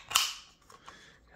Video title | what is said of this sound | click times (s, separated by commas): Assembly and installation of Snapmaker U1 Wide Range Spool Holder | shove it in until you hear a click. | 0.2 s